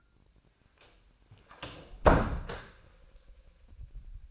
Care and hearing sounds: daily activity, microphone in the room; close door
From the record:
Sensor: 2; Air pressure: 1009.1 hPa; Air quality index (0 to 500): 184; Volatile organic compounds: 3 ppm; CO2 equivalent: 1333 ppm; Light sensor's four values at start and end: 32/83/35/37 and 31/83/35/37

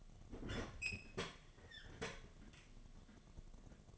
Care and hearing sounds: daily activity, microphone in the room; open fridge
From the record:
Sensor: 4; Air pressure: 1005.5 hPa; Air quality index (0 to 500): 174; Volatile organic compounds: 5 ppm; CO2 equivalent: 1716 ppm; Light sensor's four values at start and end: 6/12/5/4 and 5/11/4/4

